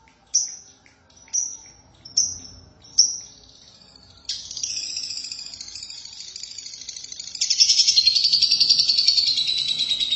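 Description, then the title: Lovebird calls: four sharp, separate high chirps about one second apart, then a continuous rapid chatter that grows louder and shriller midway. "BM Suara Burung Lovebird"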